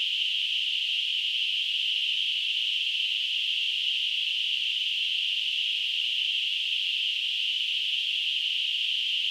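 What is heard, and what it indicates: A simulated tinnitus sound: a steady, unbroken hiss in a narrow high band centred near 3 kHz, with no low-frequency content and no change in loudness throughout.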